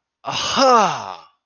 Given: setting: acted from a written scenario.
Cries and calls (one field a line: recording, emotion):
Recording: vocal sound without words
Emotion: triumph